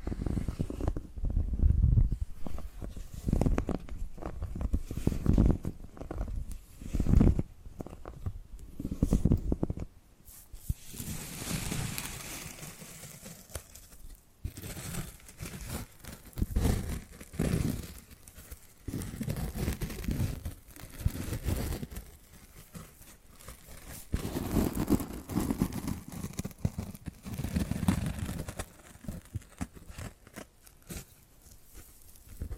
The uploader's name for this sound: ASMR Hypnotic Tapping and Scratching Sounds